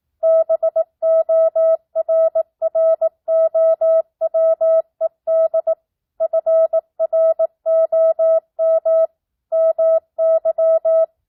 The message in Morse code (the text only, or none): BORROWED FROM MY